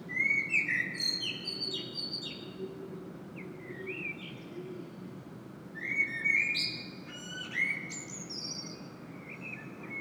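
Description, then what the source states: Common blackbird song: fluty whistled phrases ending in high twittery flourishes, several phrases in quick succession over a low steady background hum. Recorded in Saint-Gilles, Belgium, blackbird singing; made with a Sony PCM-M10 internal microphone.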